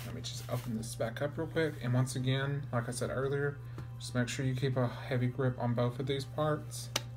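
A vintage Polaroid SX-70 folding instant camera is being unfolded while both body halves are gripped, with someone talking throughout over a steady low hum. Nothing has seated or clicked yet; the clip ends just before the folding body's hinge locks into its open position.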